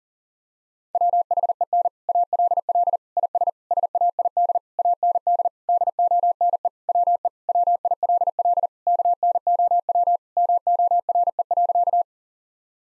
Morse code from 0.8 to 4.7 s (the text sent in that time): WHEN ALL IS SAID